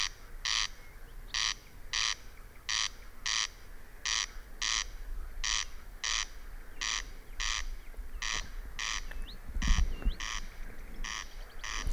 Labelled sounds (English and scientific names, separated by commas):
Corn Crake (Crex crex)